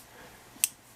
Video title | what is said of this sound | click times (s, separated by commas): SOG PowerPint Vs Leatherman Juice, Gerber and Roxon Multi-tools | the Phillips and these sort of lock into place and then | 0.6 s